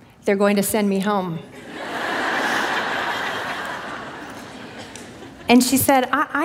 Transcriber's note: laughter